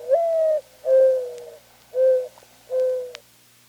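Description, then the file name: Mourning dove cooing: a soft, hollow, rising first note followed by three steady, low, mournful coos, each about half a second long, evenly spaced in quiet surroundings. Recorded 15 August 1988. "1988-08-15 Mourning Dove"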